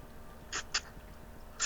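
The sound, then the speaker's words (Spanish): A duck quacks in short, raspy, nasal bursts: two quick quacks close together, then a pause before a third begins at the very end. No talking. “Lástima que tengo la Mac navaja. Cuac.”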